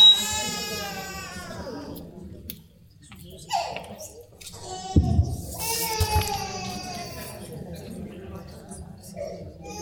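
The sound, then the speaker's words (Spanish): A baby cries in a series of high, wavering wails that rise and fall in pitch, with brief breaths between bursts over a low, steady background rumble. “El llanto de un niño, me sugiere un poema.”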